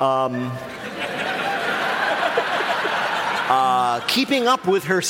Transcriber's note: laughter